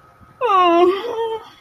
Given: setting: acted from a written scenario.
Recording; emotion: vocal sound without words; sadness